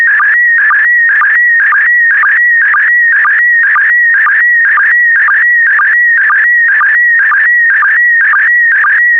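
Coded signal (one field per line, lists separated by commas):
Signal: SSTV (slow-scan television)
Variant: PD120 mode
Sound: warbling, chirpy tone with a steady rhythmic tick about twice a second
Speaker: transmission complete you can now check your decoded image against the picture that is shown on the video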